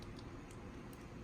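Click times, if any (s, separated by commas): none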